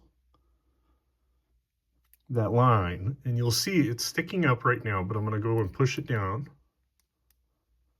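Someone talks while handling a spring-loaded lock pin that is sticking up from its chamber in the pin housing of a lock cylinder, about to push it down below the shear line so the follower can advance. Only faint small ticks are heard around the speech, and nothing has seated or clicked into the chamber yet.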